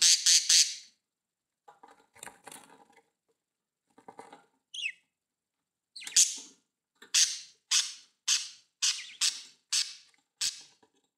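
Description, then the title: Budgerigar chirps: a quick burst of sharp notes, soft rustling, then a run of short bright chirps. "Budgie Sounds"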